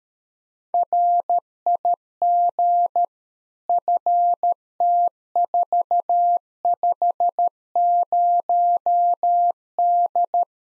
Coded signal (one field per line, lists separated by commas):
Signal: Morse code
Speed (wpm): 13 wpm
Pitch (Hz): 700 Hz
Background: none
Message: RIG FT450D